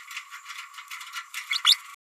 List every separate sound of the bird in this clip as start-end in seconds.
1.64-1.76